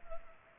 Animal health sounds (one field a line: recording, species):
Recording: mosquito wingbeat signal from an infrared sensor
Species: Culex pipiens